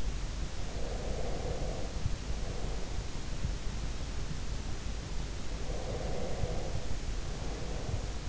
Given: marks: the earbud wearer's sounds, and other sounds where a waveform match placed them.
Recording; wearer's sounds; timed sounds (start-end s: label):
sounds in sleep by an in-ear microphone; breath
0.82-2.87 s: breath
5.50-8.29 s: breath